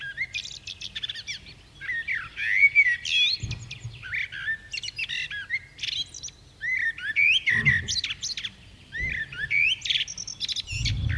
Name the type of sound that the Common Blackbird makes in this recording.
song